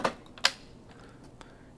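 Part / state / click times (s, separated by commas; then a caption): accumulator into card printer / seated / 0.5 s. A plastic accumulator assembly on a Fargo HDP6600 card printer is swung back over and pushed down until it latches into place. A short rustle opens the clip, then a sharp, bright click sounds at 0.5 s as it seats, followed by a faint tick near 1.4 s.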